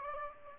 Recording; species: mosquito wingbeat signal from an infrared sensor; Aedes albopictus